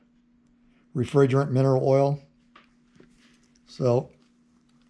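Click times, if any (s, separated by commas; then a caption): none. Someone talks while handling the A/C refrigerant line fitting, oiled with refrigerant mineral oil, and its clip-on retaining clamp at the compressor/evaporator connection in the engine compartment of a 1971 Camaro restomod. Faint handling ticks follow around 2.6 s and 3.6 s before the person talks again. The clamp has not yet snapped closed over the metal fitting, so nothing has seated yet.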